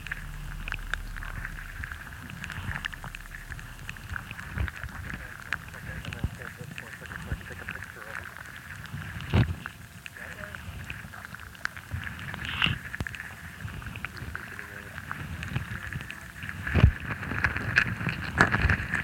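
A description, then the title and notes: Underwater in a small brackish lagoon, a steady low murmur carries scattered pops and clicks, with sharper knocks near 9, 12.5 and 17 seconds. This was captured within the grounds held by NASA and the ecosystem is a fascinating mashup of both fresh and saltwater marshes, pools, and streams. This particular hydrophone recording comes from a small inland lagoon of brackish water. Pops and clicks heard are from them messing with the hydrophones.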